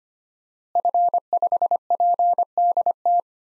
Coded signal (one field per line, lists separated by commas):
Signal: Morse code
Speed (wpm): 25 wpm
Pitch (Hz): 700 Hz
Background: none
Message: F5PDT